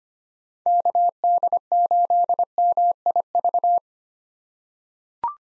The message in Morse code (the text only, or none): KD8MIV